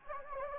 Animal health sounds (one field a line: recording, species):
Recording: mosquito wingbeat signal from an infrared sensor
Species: Anopheles gambiae